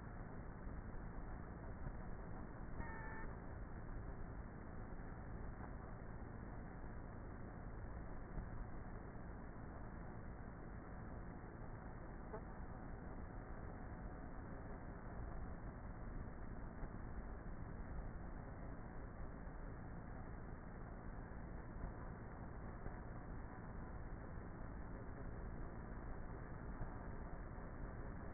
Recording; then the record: honeybee colony, microphone inside the hive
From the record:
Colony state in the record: queenless with a low population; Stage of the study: before two queens were removed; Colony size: about 30,000 bees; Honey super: no